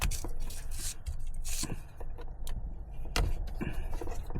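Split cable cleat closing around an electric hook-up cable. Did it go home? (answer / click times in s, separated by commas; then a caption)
no / none. A plastic split cable cleat is handled around a 230 V electric hook-up cable, with a low rumble like a passing vehicle underneath. Brief handling taps and scrapes are heard, including sharp ticks near 0.0 s and 3.2 s. The cleat has not snapped shut yet; nothing has seated or clicked.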